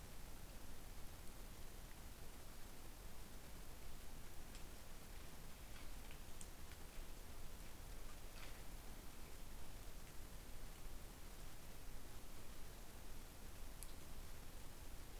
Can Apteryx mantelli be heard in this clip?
no